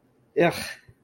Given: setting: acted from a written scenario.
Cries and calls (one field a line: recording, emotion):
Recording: vocal sound without words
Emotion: disgust